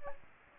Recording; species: mosquito wingbeat signal from an infrared sensor; Aedes aegypti